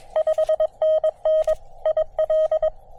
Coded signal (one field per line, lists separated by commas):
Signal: Morse code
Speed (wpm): 23 wpm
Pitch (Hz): 590 Hz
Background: none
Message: 5NN IL